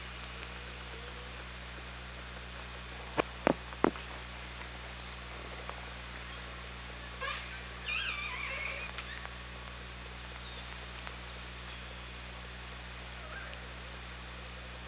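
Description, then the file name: Killer whale call, a short wavering harmonic call midway, preceded by three loud sharp clicks, over a continuous low hum. Recorded by OrcaLab hydrophone on 24 August 2017, 18:38. "Orca Lab UTLN JASON 20170824"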